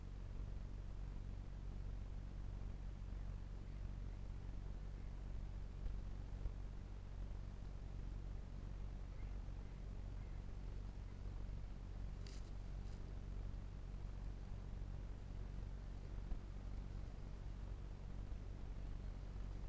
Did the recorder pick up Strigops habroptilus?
no